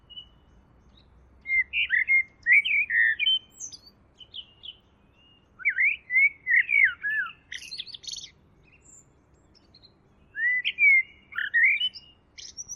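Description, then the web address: Bird delivering three lively phrases of slurred, chattering whistles split by pauses, with little else audible. "Deverinetal. Bird Only"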